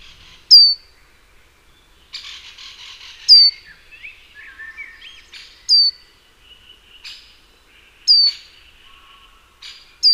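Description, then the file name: Great tit calls: sharp, high, down-slurred notes repeated several times every few seconds, with softer twittering between them. "Parus major"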